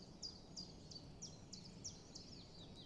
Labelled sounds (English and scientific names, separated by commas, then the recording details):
Common Chiffchaff (Phylloscopus collybita)
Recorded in Germany
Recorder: ecoPi